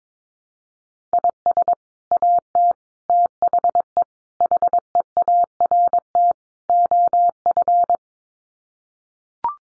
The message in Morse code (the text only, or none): IS AT THE HEART OF